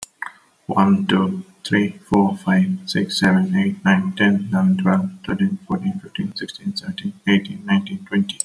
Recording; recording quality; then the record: counting at a fast pace; excellent, no background noise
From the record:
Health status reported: exposed to COVID-19, no respiratory illness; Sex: male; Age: 42 years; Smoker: no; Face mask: not worn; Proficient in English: yes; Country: India